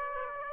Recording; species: mosquito wingbeat signal from an infrared sensor; Aedes aegypti